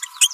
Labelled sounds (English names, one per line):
Green-rumped Parrotlet babbling